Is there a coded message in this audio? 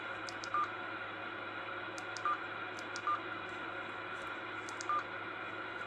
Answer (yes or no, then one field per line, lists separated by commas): no